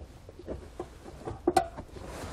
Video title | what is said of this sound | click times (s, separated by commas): Installing the T-One Vehicle Wiring Harness for Factory Tow Package on your 2016 GMC Terrain | they just push together you'll hear them click just like that | 1.5 s, 1.6 s